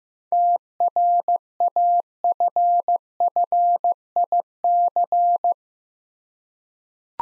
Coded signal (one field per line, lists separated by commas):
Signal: Morse code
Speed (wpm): 15 wpm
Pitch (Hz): 700 Hz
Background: none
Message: TRAFFIC